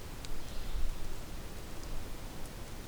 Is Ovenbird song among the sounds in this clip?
no